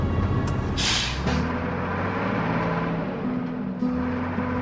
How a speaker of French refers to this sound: lors d'une des traversées en stop que vous avez faites de l'Europe avec une amie à vous, à peine montée à bord de la cabine de ce chauffeur routier moldave